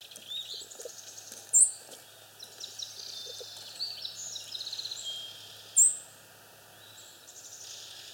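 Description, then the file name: Fox sparrow calls: two abrupt, piercing high chips about four seconds apart, with softer chirps and a brief trill between. "Passerella iliaca - Fox Sparrow"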